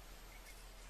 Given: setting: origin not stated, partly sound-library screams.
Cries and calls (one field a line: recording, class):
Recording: one-second piece from a danger detection set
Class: normal situation